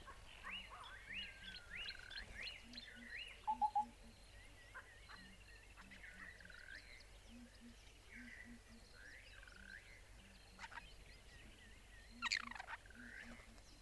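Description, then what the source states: Birds singing in a morning chorus: varied warbling whistles and sharp notes over a row of soft, low repeated hoots. Morning, recorded in an octagon.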